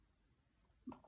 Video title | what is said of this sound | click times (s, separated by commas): Threading a NewHome Model 950 sewing machine | go with a little click between the discs that's a spring | 0.9 s